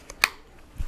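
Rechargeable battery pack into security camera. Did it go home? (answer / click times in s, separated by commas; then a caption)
yes / 0.2 s. A rechargeable plastic battery pack is slid into the battery slot of a Ring Stick Up security camera until it snaps into place. A faint tick at 0.1 s is followed by a sharp, bright click at 0.2 s as the pack seats, then low rumbling handling noise near the end. The battery is seated.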